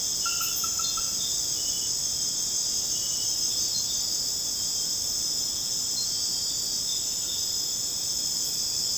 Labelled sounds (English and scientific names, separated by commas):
none